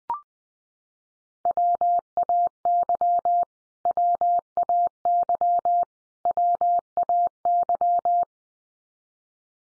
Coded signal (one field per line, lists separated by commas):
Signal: Morse code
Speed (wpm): 20 wpm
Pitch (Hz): 700 Hz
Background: none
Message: WAY WAY WAY